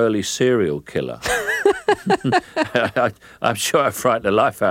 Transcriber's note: laughter